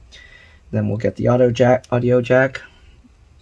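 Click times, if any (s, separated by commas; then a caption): none. Someone talks while handling the audio jack flex connector of a 15-inch 2018 MacBook Pro A1990, about to press it onto its socket on the laptop logic board. Faint low handling noise sits under the voice. Nothing has seated or clicked yet.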